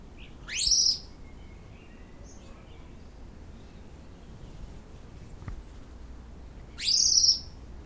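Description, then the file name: Common blackbird giving two thin, sharply rising high calls about six seconds apart, with quiet background hiss between them. "Turdus merula"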